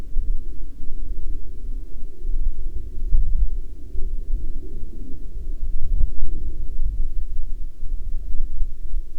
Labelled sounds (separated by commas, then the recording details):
aircraft, insects
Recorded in the Arctic National Wildlife Refuge, Alaska, on 21 June 2019 at 13:53
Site 33